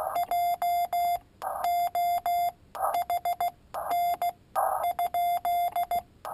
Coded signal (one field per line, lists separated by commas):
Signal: Morse code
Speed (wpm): 16 wpm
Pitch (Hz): 700 Hz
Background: none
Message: JOHN ?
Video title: Palm Pico Paddle key